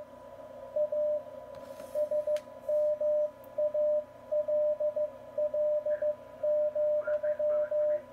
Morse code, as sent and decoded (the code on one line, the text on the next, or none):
.- / ... -- .- .-.. .-.. --..--
A SMALL,